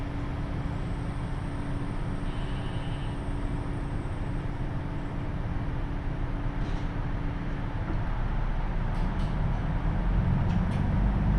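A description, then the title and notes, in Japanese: A KiHa 75 diesel railcar runs on the Taita Line, a steady, dense low rumble with a constant droning tone through the first eight seconds. After that the roar grows a little louder and rougher, with a few faint light clicks near the end. 耳で楽しむ鉄道旅 太多線 美濃太田→多治見キハ75。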